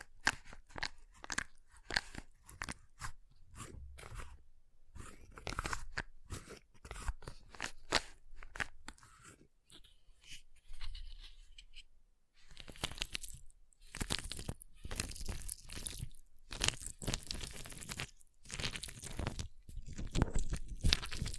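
Ice being tapped, scratched and carved, heard as dense runs of sharp crunching scrapes and clicks. A quieter, sparser stretch with lighter ticks falls around ten to twelve seconds, then the scraping returns brighter and louder, with rapid irregular strokes through the end.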